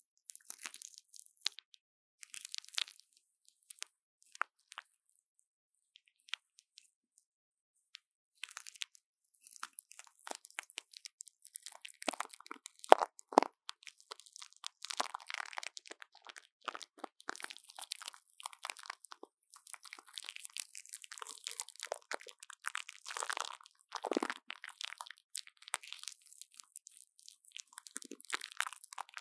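Plastic wrap being handled, crinkling in sharp, crackly bursts. The first stretch is sparse, with isolated crackles and a near-silent gap around six to eight seconds. From about ten seconds on, the crinkling turns dense and continuous, bright and brittle, with louder crunches scattered throughout.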